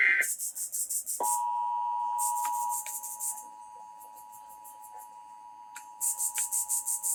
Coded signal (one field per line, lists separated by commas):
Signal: Emergency Alert System (SAME) tones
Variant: 853 and 960 Hz attention tone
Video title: EASyPLUS SPOTTED! EAS Tests from September 2023